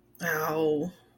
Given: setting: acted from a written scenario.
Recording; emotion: vocal sound without words; shame